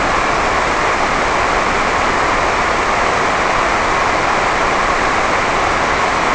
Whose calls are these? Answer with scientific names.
none